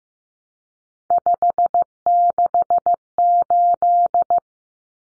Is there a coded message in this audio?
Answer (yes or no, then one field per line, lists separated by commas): yes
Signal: Morse code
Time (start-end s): 1.1-4.4 s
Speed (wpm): 15 wpm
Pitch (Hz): 700 Hz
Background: none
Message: 568